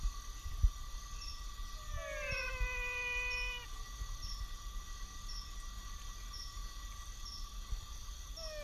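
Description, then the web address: Menwig frog call: a falling, harmonic-rich whine, then the start of another at the very end, over a constant steady tone and soft background noise. "Physalaemus albonotatus"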